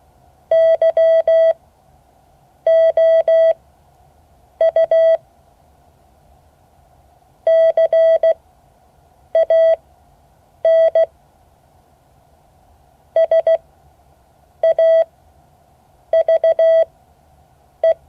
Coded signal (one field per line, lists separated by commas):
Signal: Morse code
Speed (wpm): 16 wpm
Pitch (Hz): 650 Hz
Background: none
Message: YOU CAN SAVE